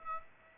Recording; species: mosquito wingbeat signal from an infrared sensor; Aedes aegypti